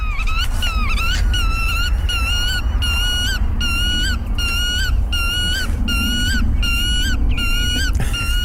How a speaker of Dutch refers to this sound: We moeten, kijk, de grutto aan zich is een mooi vogel en een mooi verhaal. Maar de stand van zaken op dit moment is niet echt florissant, nee. Zullen we even naar hem of haar luisteren, de grutto?